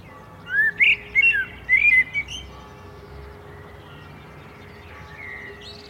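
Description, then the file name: Common blackbird song: one short run of mellow, fluted, warbled notes early on, followed by fainter sounds over background hiss. "Turdus merula"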